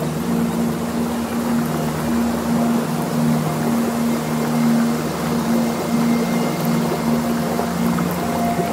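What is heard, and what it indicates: A steady, unbroken rush of water-like noise with a low, engine-like hum underneath, even in loudness throughout. This general nature-sound soundscape, played from a tinnitus sound therapy app, is a tinnitus masker used to distract the brain from the ringing and support habituation.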